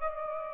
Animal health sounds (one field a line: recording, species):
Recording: mosquito wingbeat signal from an infrared sensor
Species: Aedes aegypti